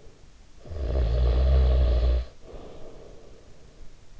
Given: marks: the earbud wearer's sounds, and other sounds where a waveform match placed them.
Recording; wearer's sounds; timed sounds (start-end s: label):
sounds in sleep by an in-ear microphone; snoring breath
0.25-3.73 s: snoring breath